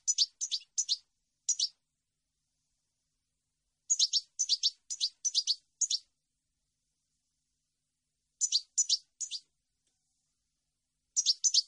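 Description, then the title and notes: European goldfinch song in short bursts of three to seven quick, high twittering notes, the bursts separated by pauses of about two seconds, on an entirely clean background. Clean goldfinch song, meant for birds to copy in song training. "canto de jilguero limpio para copia"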